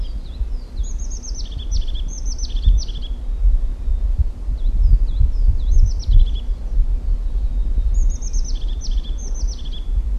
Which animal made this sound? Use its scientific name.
Lophophanes cristatus